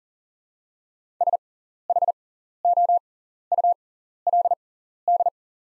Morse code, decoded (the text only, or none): SHOULD